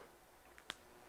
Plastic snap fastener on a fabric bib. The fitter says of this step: did you hear the snap